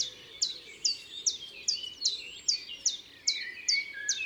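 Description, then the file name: Common chiffchaff song: a steady string of about ten high, sharply falling notes, spaced roughly every 0.4 seconds. Recorded in the Drôme, France. "Pouillot veloce Concerts Naturels de la Drome Studio les Trois Becs"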